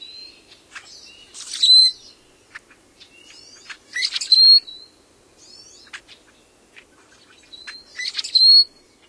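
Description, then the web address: Rusty blackbird song: three gurgling clusters of notes, each ending in a high, squeaky, creaking whistle. North America. "Songs of Birds of North America Stokes. Rusty Blackbird"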